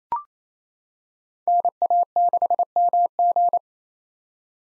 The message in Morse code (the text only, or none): NA6MG